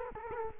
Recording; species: mosquito wingbeat signal from an infrared sensor; Culex quinquefasciatus